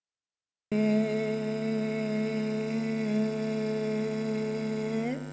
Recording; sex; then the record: sustained vowel /e/; female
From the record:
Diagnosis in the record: healthy control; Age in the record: 62 years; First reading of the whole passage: 101 s, 4.7 characters per second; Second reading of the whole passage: 77 s, 5.9 characters per second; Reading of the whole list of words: 66 s, 3.9 characters per second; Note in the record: marked for poor recording quality or reading difficulty